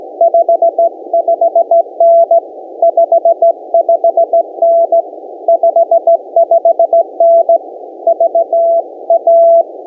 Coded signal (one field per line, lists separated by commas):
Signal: Morse code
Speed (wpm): 17 wpm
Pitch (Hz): 670 Hz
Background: none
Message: 55N 55N 55N VA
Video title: What I Did Wrong: CW in a Rare Park Leads to Chaos